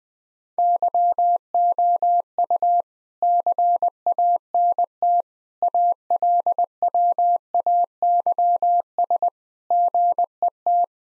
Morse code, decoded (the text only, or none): YOU CANT ALWAYS GET